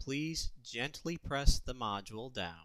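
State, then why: Not seated. A PVDM module, a circuit board, is being gently pressed down toward its slot on the mainboard of a 2851 router while someone talks. Nothing has seated or clicked yet; the module is still being handled and is not yet home.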